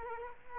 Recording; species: mosquito wingbeat signal from an infrared sensor; Culex quinquefasciatus